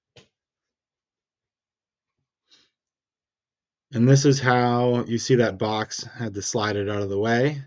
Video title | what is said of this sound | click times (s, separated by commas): Tamiya Archer Scale Model Build #scalemodel #tanks #scalemodels | it just pops right in and that that's locked in there | 0.2 s